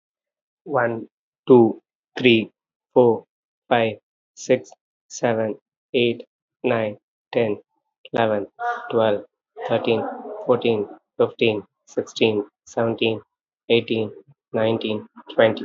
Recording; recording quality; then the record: counting at a normal pace; excellent, no background noise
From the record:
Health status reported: healthy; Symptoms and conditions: cold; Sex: male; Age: 50 years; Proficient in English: yes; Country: India